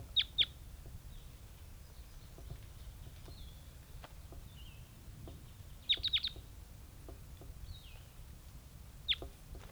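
Crossbill calls: sharp high kip notes, first a quick pair, then a cluster of several, then a single note, over background hiss.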